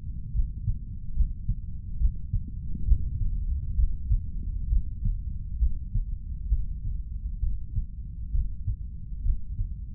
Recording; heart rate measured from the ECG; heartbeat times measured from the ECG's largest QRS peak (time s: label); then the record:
heart sounds by stethoscope; 67 bpm
0.32 s: heartbeat
1.14 s: heartbeat
1.98 s: heartbeat
2.85 s: heartbeat
3.76 s: heartbeat
4.69 s: heartbeat
5.59 s: heartbeat
6.49 s: heartbeat
7.40 s: heartbeat
8.32 s: heartbeat
9.23 s: heartbeat
From the record:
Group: healthy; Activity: breath hold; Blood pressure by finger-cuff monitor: 122/85 mmHg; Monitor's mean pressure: 98 mmHg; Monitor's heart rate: 67 bpm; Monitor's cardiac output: 3.3 L/min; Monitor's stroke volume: 49 mL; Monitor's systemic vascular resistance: 2260 dyn s/cm5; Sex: male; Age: 55 years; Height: 167 cm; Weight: 57.2 kg